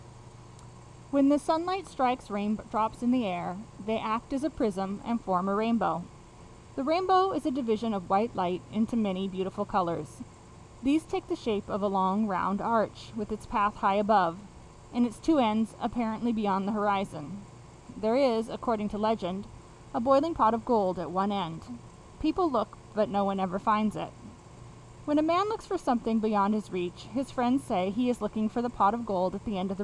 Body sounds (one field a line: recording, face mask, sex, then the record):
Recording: reading aloud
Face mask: surgical mask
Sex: female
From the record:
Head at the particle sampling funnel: facing it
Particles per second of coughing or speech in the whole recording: 0.448